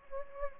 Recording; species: mosquito wingbeat signal from an infrared sensor; Anopheles gambiae